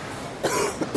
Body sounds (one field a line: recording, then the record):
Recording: coughing mixed with background sound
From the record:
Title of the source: 31 night wet cough